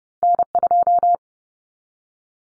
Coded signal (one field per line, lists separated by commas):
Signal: Morse code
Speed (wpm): 30 wpm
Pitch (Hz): 700 Hz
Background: none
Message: N2